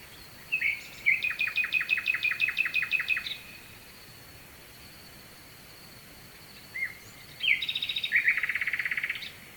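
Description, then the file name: Nightingale song: a long rapid series of repeated notes, then a pause and a second burst of fast rattling trills, over a steady background hiss. Sung at night with a distant stream, Kovachevitsa, Bulgaria. "Noshten slavej i dalechen potok (s Kovachevica)"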